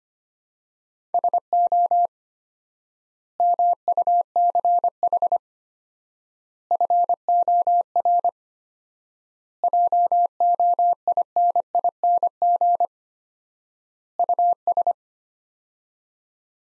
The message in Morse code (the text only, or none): SO MUCH FOR JOINING US